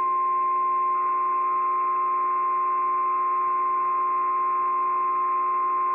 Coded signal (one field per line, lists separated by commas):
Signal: Emergency Alert System (SAME) tones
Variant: 1050 Hz attention tone